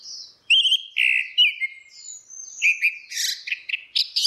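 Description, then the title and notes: Orange-headed thrush pouring out a varied song of clear whistles, slurred notes and quick buzzy chatter. Continuous singing (ngeplong) used as a training (masteran) recording for cage birds. "Suara Burung Anis Merah Ngeplong. Masteran Anis Kembang"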